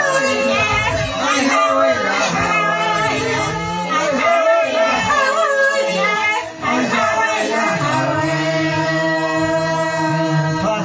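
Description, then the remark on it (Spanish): A chorus of elders chants an ancient traditional song in steady, droning unison, a leader directing while the chorus recites the refrain; the sustained sung phrases are layered with rich harmonics and only brief dips between lines. “El Hawaii es un canto milenario que los mayores cantan.”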